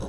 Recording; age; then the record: pig call; piglet (1 to 25 days)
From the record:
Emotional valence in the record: negative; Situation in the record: castration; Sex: male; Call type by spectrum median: low-frequency call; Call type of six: low-frequency stable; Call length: 0.09 s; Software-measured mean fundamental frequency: 52 Hz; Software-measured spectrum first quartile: 97 Hz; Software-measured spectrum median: 296 Hz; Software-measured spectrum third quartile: 740 Hz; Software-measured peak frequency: 192 Hz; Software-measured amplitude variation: 43 dB a second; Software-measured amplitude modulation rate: 11.5 a second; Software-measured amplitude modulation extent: 3.7 dB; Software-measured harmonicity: -1.4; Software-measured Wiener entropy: -0.50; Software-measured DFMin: 1055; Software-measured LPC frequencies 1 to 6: 449, 3003, 3848, 5504, 6283, 7830 Hz